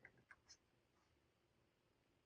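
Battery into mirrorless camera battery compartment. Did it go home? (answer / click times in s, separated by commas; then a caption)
no / none. A lithium-ion battery is pushed into the battery compartment of a Canon M50 mirrorless camera after first being tried the wrong way round. Only faint taps are heard, near 0.1 s, 0.3 s and 0.5 s, followed by quiet. The battery does not click in, and nothing has seated or clicked yet.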